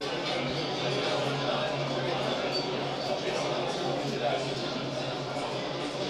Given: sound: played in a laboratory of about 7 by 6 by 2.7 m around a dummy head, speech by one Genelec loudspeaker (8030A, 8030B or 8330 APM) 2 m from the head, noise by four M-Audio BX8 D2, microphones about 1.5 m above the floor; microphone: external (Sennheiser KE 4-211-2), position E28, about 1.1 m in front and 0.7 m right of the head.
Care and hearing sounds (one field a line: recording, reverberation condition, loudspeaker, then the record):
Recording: cafeteria noise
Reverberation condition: medium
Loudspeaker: four, about 170 cm from the corners of the room and facing them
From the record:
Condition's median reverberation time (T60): about 510 ms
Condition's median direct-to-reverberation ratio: about -0.5 dB